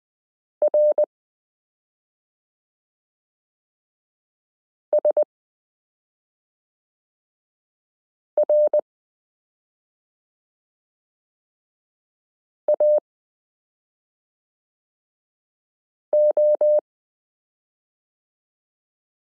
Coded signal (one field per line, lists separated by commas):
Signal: Morse code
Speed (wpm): 20 wpm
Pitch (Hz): 600 Hz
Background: none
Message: R S R A O